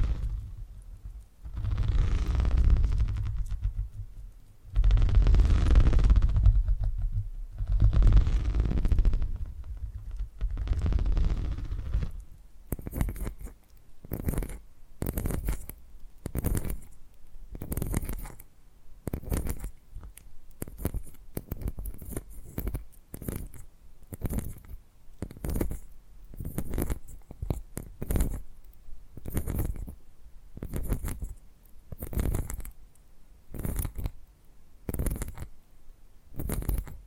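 Low, rumbling purring swells in long waves through the first twelve seconds, heavy in the bass. After that it gives way to a steady run of crisp, bright snipping clicks, about one per second, repeating evenly to the end over a soft low murmur.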